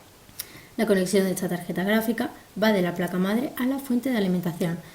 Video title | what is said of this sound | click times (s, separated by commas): Proyecto CISCO 4 - Actividad Fundamentos Hardware | porque cuando lo encajamos suavemente escuchamos un clic. | 0.4 s